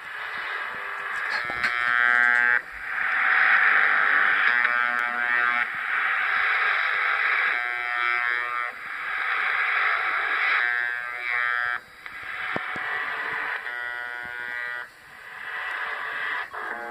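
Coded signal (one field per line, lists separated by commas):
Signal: channel marker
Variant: UVB-76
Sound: repeated harsh buzzing tones over static, with short breaks between buzzes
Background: radio static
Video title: UVB-76 In Finland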